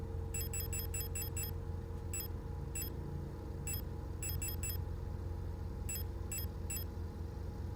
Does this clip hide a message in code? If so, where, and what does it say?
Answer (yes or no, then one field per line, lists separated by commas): no